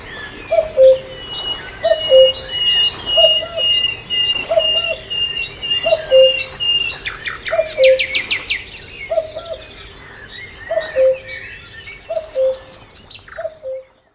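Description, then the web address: Cuckoo repeating its soft descending two-note call steadily, around ten times. Other birds chirp and trill throughout, including a thin high whistle sounding again and again. "best service Blue Box birds birds sea cuckoo"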